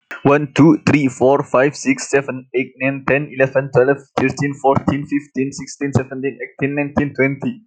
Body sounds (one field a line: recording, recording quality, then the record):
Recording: counting at a fast pace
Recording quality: excellent, no background noise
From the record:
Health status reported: healthy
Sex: male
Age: 21 years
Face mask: not worn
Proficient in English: no